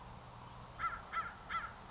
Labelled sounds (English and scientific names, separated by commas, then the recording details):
American Crow (Corvus brachyrhynchos)
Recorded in Sonoma County, California